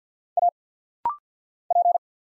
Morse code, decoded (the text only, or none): A P